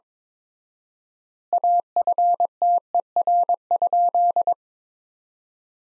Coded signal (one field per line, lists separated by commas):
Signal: Morse code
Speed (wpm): 22 wpm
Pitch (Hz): 700 Hz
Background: none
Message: AFTER?